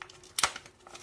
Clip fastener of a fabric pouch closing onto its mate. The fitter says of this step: Hein, c'est un sac qui se clipse là. Hop.